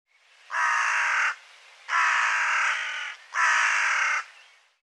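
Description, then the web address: Bird calls: three long, harsh, raspy caws, each nearly a second long, given about every one and a half seconds. "cianscape birddata Deverinetal 2025 File cleaned normalized Bird"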